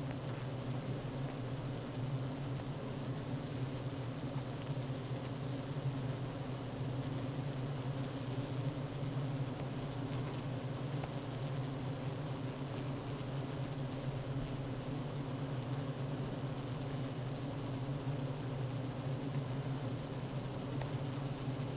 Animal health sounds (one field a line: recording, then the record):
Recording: honeybee colony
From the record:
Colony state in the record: active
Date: 12 June 2018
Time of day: 9:52